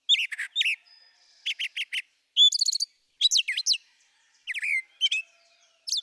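Brown thrasher singing varied high phrases, each repeated two or more times before switching: bright slurs, rapid buzzy notes and sharp downward notes, with brief gaps.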